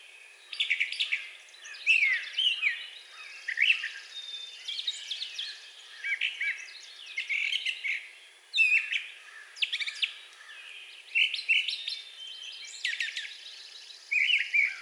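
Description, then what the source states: Brown thrasher singing a long run of varied phrases, many short notes given in quick pairs or clusters, with brief pauses between the bursts. Recorded on 4 June 2020.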